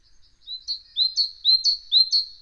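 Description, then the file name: Great tit song: a clear, high two-note motif repeated several times in quick, even succession. "Parus major"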